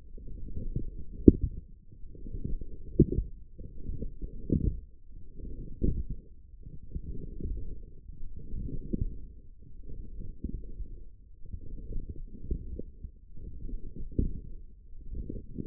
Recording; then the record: forearm muscle sounds (acoustic myography)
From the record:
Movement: forearm pronation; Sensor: system 1, eight BSWA MPA416 microphones around the upper forearm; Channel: 5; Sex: female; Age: 21 years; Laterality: right